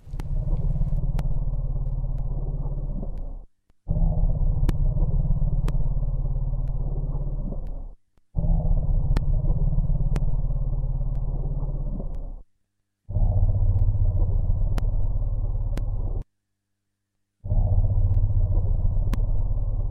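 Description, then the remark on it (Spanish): Elephants give a series of deep, drawn-out rumbling calls like purrs or growls, about five of them, each lasting several seconds with brief pauses between. The calls are loud, low and steady, with no voices. “Bueno, son sonidos de elefantes, no el sonido típico que estamos acostumbrados a escuchar de los elefantes.”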